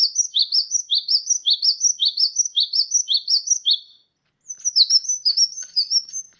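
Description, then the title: Sunbird song: a steady series of high chirps about three per second, then a short pause and more twittering. "kicau kolibri"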